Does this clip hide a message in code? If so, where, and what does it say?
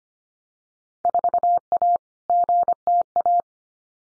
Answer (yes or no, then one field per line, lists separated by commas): yes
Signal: Morse code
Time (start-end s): 1.1-3.4 s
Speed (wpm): 25 wpm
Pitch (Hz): 700 Hz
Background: none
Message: 4A GTA